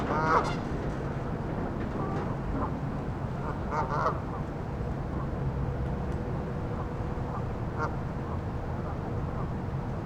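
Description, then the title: Goose honks, several clustered calls early and around four seconds, then sparser honks, over a constant low hum. "neoscenes: geese"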